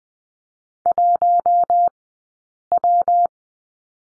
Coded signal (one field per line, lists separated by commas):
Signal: Morse code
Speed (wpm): 20 wpm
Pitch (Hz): 700 Hz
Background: none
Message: 1W